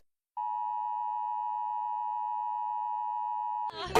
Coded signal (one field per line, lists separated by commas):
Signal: Emergency Alert System (SAME) tones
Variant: 853 and 960 Hz attention tone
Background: speech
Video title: Rating EAS Alarms w/ Nobita (Pt.1)